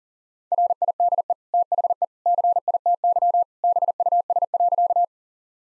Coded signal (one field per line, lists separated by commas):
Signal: Morse code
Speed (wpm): 40 wpm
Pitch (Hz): 700 Hz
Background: none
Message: RIDE THE CITY BUS.